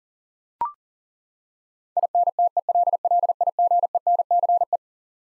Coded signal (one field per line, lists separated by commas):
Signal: Morse code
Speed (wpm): 40 wpm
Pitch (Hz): 700 Hz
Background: none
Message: INTELLIGENCE